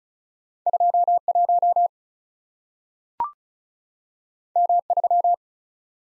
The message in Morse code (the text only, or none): 21 M3